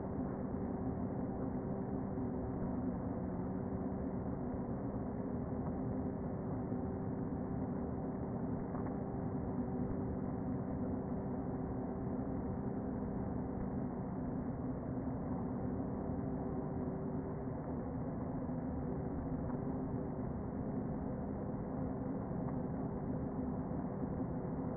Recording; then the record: honeybee colony, microphone inside the hive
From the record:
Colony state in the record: queen present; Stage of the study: before two queens were removed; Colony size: about 60,000 bees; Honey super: yes